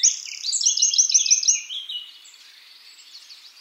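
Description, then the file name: Eurasian wren song, a burst of quick, high, tinkling notes and a rapid trill, fading after about two seconds into quiet background. "Troglodytes troglodytes"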